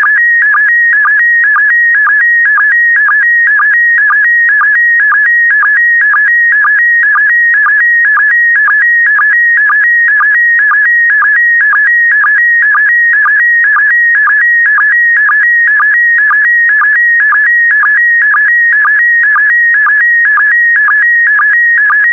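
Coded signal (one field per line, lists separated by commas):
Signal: SSTV (slow-scan television)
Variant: PD120 mode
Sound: steady warbling tone shifting between pitches, with a rhythmic low blip twice per second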